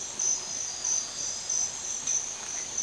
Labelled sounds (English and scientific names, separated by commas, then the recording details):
none
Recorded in dense forest near Puerto Asís, Putumayo, Colombia, on 20 December 2024 at 04:30
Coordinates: 0.467, -76.328
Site GP05